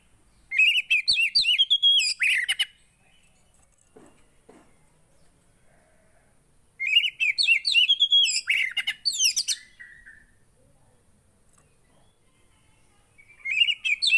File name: Burung kacer anda langsung emosi dengar ini